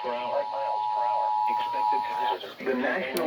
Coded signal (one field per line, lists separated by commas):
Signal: Emergency Alert System (SAME) tones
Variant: 853 and 960 Hz attention tone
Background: speech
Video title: Crazy Afternoon. (EAS#101-109)